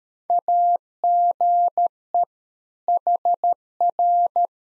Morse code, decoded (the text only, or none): AGE HR